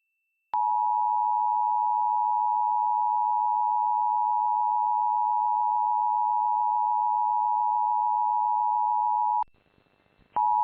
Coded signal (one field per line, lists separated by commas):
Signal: Emergency Alert System (SAME) tones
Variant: 853 and 960 Hz attention tone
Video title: Pennsylvania Required Monthly Tests (7/15/21)(EAS 796-801)